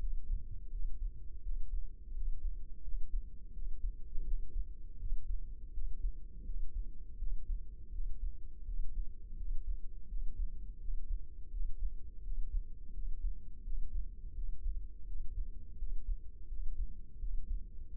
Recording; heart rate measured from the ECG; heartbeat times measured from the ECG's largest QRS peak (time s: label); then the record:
heart sounds by microphone in the left ear; 84 bpm
0.01 s: heartbeat
0.73 s: heartbeat
1.44 s: heartbeat
2.16 s: heartbeat
2.85 s: heartbeat
3.55 s: heartbeat
4.26 s: heartbeat
5.00 s: heartbeat
5.75 s: heartbeat
6.47 s: heartbeat
7.20 s: heartbeat
7.94 s: heartbeat
8.67 s: heartbeat
9.38 s: heartbeat
10.10 s: heartbeat
10.81 s: heartbeat
11.53 s: heartbeat
12.25 s: heartbeat
12.95 s: heartbeat
13.65 s: heartbeat
14.37 s: heartbeat
15.08 s: heartbeat
15.80 s: heartbeat
16.50 s: heartbeat
17.21 s: heartbeat
17.95 s: heartbeat
From the record:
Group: healthy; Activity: rest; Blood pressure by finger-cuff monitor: 132/84 mmHg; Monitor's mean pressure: 101 mmHg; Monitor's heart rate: 84 bpm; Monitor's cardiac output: 6.9 L/min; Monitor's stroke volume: 83 mL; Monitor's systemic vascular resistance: 1080 dyn s/cm5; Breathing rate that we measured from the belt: 18 breaths a minute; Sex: male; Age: 21 years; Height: 175 cm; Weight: 72.6 kg